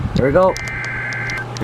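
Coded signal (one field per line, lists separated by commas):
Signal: Emergency Alert System (SAME) tones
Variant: header bursts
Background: speech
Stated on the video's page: Flash flood warning caught on NOAA weather radio 162.550 and public radio 89.3 FM.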